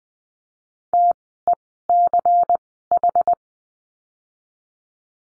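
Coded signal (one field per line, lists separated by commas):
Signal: Morse code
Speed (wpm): 20 wpm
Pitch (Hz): 700 Hz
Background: none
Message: TECH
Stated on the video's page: Morse code course lesson on call signs, Farnsworth speed 20/10 wpm.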